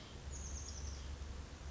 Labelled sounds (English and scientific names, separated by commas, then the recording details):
Chestnut-backed Chickadee (Poecile rufescens)
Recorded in Sonoma County, California